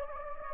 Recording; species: mosquito wingbeat signal from an infrared sensor; Anopheles gambiae